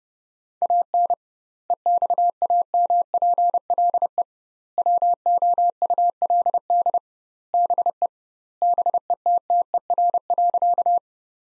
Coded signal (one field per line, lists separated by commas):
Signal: Morse code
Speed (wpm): 30 wpm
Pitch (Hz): 700 Hz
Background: none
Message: AN EXAMPLE WOULD BE BETTER.